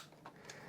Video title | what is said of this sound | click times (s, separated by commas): Produktbewertung CEYOMUR 4G LTE Wildkamera mit Handyübertragung App, 2K HD Wildkamera mit SIM Karte | C'est clipsé, donc là il n'y a pas de danger, ça ne peut pas s'en aller, sauf si on tire sur cette petite languette. | 0.5 s